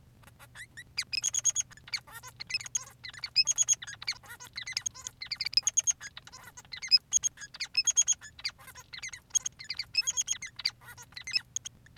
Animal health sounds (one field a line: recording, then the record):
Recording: song of a male Bengalese finch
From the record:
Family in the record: son of father 3